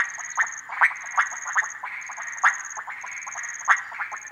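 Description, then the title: Frogs clucking in a thick chorus with strong clicky notes recurring irregularly, plus an on-and-off high-pitched insect trill. Frogs gathered at small ponds and puddles in humid cloud forest, Harenna Forest; call day and night; overcast, hot, muggy afternoon; 23 September 2018; Sony PCM D100. "180923 Harenna Forest - Frogs At Pond"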